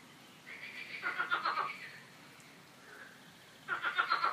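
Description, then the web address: Frog croaking, a long rapid rattling burst followed by a softer call and then a second loud pulsed burst. Frogs croaking in a park; the calls are described as a quack-like 'coin-coin'. "coincoin des grenouilles dans le parc"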